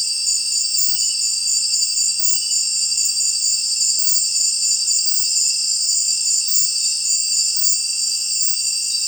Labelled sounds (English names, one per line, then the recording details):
none
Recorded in secondary vegetation near Puerto Asís, Putumayo, Colombia, on 25 June 2025 at 18:30
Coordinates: 0.499, -76.323
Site G077